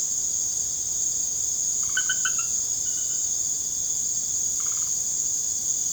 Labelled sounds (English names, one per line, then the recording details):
none
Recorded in secondary vegetation near Puerto Asís, Putumayo, Colombia, on 21 December 2024 at 19:30
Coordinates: 0.489, -76.322
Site G059